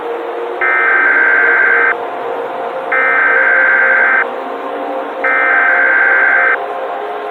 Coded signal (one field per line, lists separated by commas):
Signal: Emergency Alert System (SAME) tones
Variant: header bursts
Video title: EAS Scenario/Analog & Digital Horror - Cordis Die